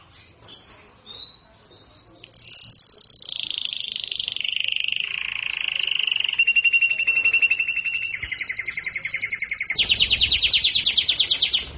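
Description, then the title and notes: Belgian canary song of a few soft chirps, then a sustained gliding tone falling in pitch, moving into fast pulsed rolls that jump higher and end in a rapid trill. Belgian canary, galador song type, warming up. "Canario Belga, nyonyastudio"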